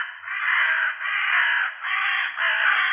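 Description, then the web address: Hooded crow giving harsh, hoarse caws, several drawn-out calls in quick succession with brief gaps between them, no other sounds standing out. "Corvus corone cornix"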